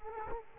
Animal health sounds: mosquito wingbeat signal from an infrared sensor; Culex quinquefasciatus

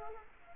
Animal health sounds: mosquito wingbeat signal from an infrared sensor; Culex quinquefasciatus

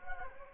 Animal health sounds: mosquito wingbeat signal from an infrared sensor; Anopheles gambiae

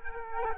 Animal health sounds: mosquito wingbeat signal from an infrared sensor; Culex quinquefasciatus

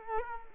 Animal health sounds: mosquito wingbeat signal from an infrared sensor; Culex quinquefasciatus

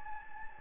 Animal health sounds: mosquito wingbeat signal from an infrared sensor; Anopheles gambiae

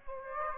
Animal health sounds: mosquito wingbeat signal from an infrared sensor; Aedes aegypti

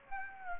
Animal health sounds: mosquito wingbeat signal from an infrared sensor; Aedes aegypti

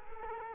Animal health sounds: mosquito wingbeat signal from an infrared sensor; Culex quinquefasciatus

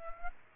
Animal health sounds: mosquito wingbeat signal from an infrared sensor; Aedes aegypti

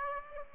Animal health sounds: mosquito wingbeat signal from an infrared sensor; Aedes aegypti

